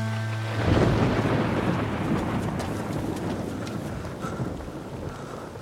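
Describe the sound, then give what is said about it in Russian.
A thunderstorm outside on a street: a deep rumble of thunder rolls in early and slowly fades beneath steady, hissing rain that continues throughout, with no voices. “На улице идет гроза.”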